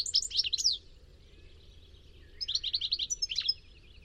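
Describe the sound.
Bird twitters in two quick bursts of high, sharp chirps about two seconds apart, over faint low background noise.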